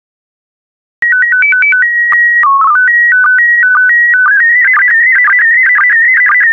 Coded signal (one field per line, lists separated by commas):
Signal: SSTV (slow-scan television)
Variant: PD 120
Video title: 92061 Scotland SSTV PD120